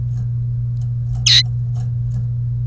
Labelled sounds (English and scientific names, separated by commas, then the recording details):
Domestic Canary (Serinus canaria) song
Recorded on 1 May 2018 at 11:45
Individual llb3